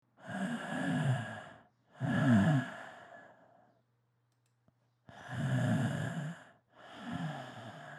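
Four long, audible breaths with pauses between them, some sounding like slow inhalations and exhalations or sighs, from an adult. They are unhurried and even in quality, with a faint low hum in the background.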